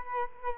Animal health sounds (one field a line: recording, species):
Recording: mosquito wingbeat signal from an infrared sensor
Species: Culex quinquefasciatus